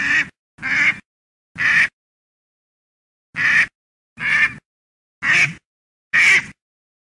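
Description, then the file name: Duck giving seven harsh, raspy quacks in uneven groups, with a longer pause midway and no other sounds. "kaczka"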